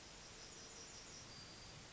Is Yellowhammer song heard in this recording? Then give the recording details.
yes. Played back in forest. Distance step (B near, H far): F. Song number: 045